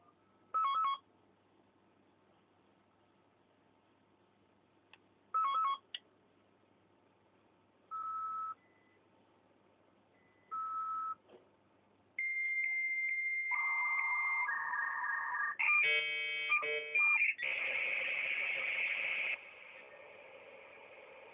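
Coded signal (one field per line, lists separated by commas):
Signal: dial-up modem handshake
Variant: 56k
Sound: two short chirpy bursts, two lone beeps, then answer tone, warbling probe tones and hiss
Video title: 56k modem accepting incoming call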